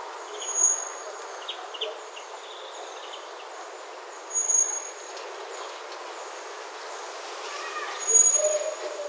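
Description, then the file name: Common blackbird uttering three sharp, high, thin whistles spaced about four seconds apart against continuous hissing background noise. "Turdus merula"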